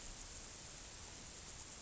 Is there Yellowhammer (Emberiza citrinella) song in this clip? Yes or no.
no